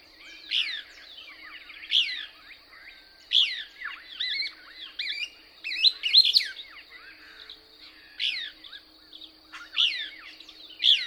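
Couch's Kingbird song: sharp high notes repeated at intervals, linked by quick twittering, over a steady high hum.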